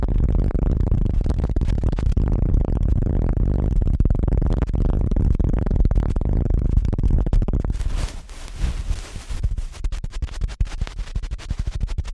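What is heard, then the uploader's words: Rapid ear cleaning fills the recording with dense, fast scratching and rubbing that stays loud and busy for the first eight seconds, mostly low and muffled. After that it turns thinner and brighter, with quicker, crisper scratches and brief dips between strokes. ASMR Ear Cleaning at Helicopter Speed.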